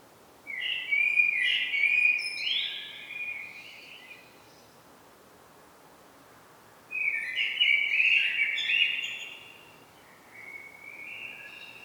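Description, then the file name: Common blackbird singing two fluting, warbled phrases with scratchy high flourishes, the second followed by a quieter trailing note. "Turdus merula"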